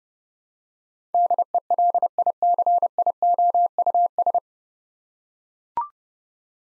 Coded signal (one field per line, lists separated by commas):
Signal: Morse code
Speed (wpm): 30 wpm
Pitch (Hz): 700 Hz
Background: none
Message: DELICIOUS